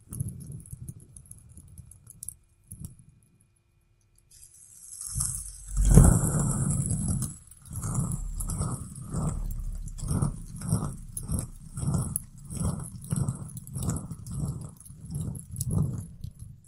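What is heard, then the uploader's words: A fidget spinner starts with a few seconds of quiet low rumbling, then a thin high whir sets in around four seconds, followed by a sharp knock near six seconds. From about eight seconds on, steady rhythmic pulses repeat under the whirring until the end. ASMR Fidget Spinner Sounds Tapping and Spinning.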